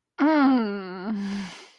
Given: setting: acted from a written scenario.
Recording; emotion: vocal sound without words; desire